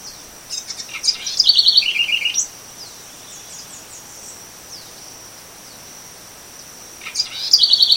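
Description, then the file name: Southern house wren singing a fast, varied warble ending in rapid trilled notes, with a second song starting near the end; a constant high-pitched insect drone runs throughout. Recorded at a farm called Fazenda Monte Verde, Brazil, on 24 August 2013. "Troglodytes-musculus-Faz Mt Verde-SFX-BR-24-8-13-ASilveira"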